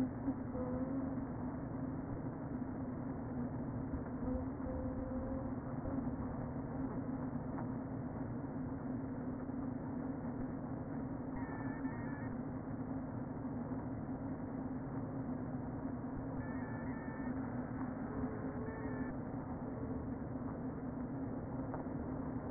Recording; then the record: honeybee colony, microphone inside the hive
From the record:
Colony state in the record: queen present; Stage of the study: before two queens were removed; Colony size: about 60,000 bees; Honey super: yes